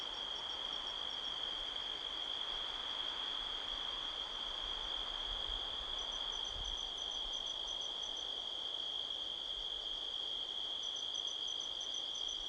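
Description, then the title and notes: Crickets drone on a single high pitch while pulsed trills fade in and out; gusty wind swells midway with low rumbling. Crickets chirping all around at midnight, 5 October 2023, in a canyon at Sedona, Arizona, USA, with strong wind rustling trees. "Midnight Soundscape, Sedona, Arizona, USA on 5th October 2023 – by Joe Harvey-Whyte. A strong wind blows across the canyon, rustling trees. The sound of crickets can be heard all around"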